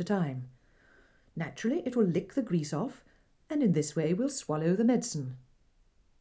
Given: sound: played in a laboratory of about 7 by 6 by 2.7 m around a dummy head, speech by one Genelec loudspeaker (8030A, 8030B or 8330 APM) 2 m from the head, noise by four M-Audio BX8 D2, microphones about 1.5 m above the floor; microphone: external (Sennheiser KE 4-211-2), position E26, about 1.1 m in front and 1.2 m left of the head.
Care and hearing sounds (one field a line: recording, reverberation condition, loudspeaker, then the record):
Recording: female speech in English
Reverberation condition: low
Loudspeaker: 30 degrees to the left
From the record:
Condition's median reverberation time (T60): about 310 ms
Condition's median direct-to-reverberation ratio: about 3.5 dB